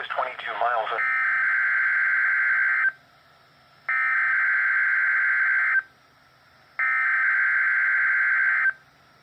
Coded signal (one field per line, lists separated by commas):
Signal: Emergency Alert System (SAME) tones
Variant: header bursts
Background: speech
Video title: WXL61 Required Weekly Test #6 (EAS #494)